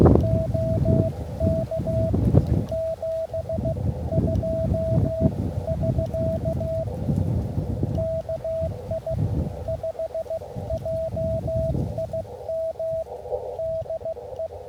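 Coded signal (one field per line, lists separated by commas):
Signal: Morse code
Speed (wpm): 16 wpm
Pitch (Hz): 650 Hz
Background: none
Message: OK 72 <SK> KI5JIM DE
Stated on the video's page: Park activation, using a wire sloper antenna.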